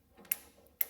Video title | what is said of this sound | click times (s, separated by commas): Overview Grizzly G0750G Metal Lathe | there's the detent | 0.3 s, 0.8 s